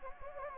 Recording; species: mosquito wingbeat signal from an infrared sensor; Anopheles gambiae